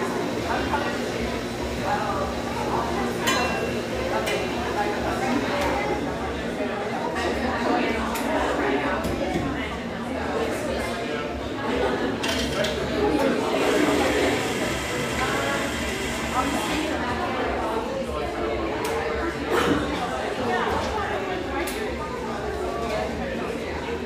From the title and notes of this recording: Riverside on Portland's east Willamette banks, this industrial neighborhood sports some quality coffeehouses, including this mellow, exposed-brick gem frequented by railyard staff.